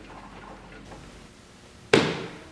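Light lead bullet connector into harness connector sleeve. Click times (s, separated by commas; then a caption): 1.9 s. On a 1973 Triumph TR6, a wiring bullet connector on the front marker/signal light lead is pushed into its harness connector sleeve with pliers, used in place of the special clipping tool. After quiet low background, a sharp, short click rings out at 1.9 s and fades over the next half second. The connector is seated.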